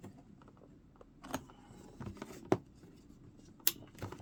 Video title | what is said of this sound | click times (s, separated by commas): Building a PC Part 1 - Assembling the Motherboard Components | first push them down until they lock in you | 2.5 s, 3.7 s